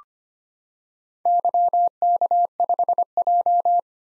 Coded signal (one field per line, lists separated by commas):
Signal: Morse code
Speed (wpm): 25 wpm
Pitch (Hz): 700 Hz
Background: none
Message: YK5J